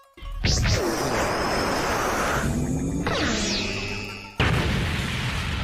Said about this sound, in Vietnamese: Ngay sau đó, tiếng nổ lớn ngập trời.